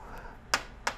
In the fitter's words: on top of our supply tank again press in firmly until you hear it click into place